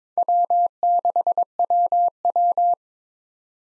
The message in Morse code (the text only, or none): W6WW